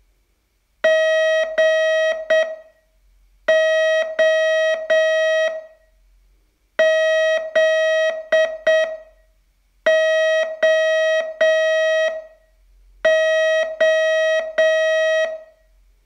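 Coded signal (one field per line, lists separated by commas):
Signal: Morse code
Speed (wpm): 8 wpm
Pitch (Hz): 640 Hz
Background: none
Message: GOZOO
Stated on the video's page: Day 28 of a 42-day Morse training course.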